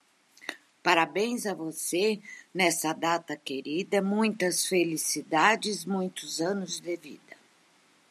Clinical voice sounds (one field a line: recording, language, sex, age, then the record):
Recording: short text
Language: Brazilian Portuguese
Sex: female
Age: 60 to 69 years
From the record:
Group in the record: control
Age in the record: 67 years